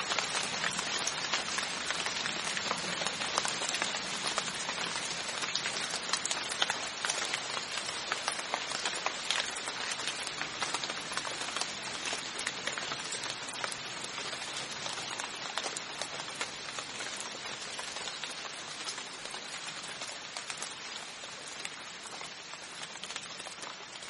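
Rain falls steadily throughout, a dense hiss of countless drops with quick, bright patters pricking through the texture. The sound stays constant in character, easing very slightly in loudness toward the end, with a faint low murmur beneath in the first few seconds.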